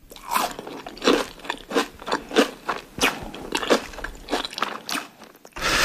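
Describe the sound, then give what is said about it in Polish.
A crisp fried pancake of grated potato, mixed with egg, salt, pepper and a little flour and fried until crunchy, being bitten and chewed, a steady series of sharp, bright crunches about twice per second, loud and clear with no talking. “Potem połączyć z jajkiem, solą, pieprzem, no i dodać jeszcze, zdaje się, trochę mąki i usmażyć na chrupko.”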